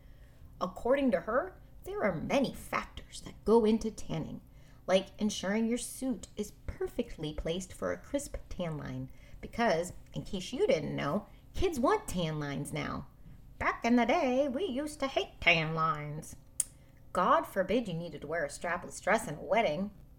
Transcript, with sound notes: According to her, there are many factors that go into tanning. Like ensuring your suit is placed perfectly for a crisp tan line. Because, in case you didn’t know, kids want tan lines now. Back in the day [again cuing my best imitation grandma voice] we used to hate tan lines. God forbid you needed to wear a strapless dress in a wedding.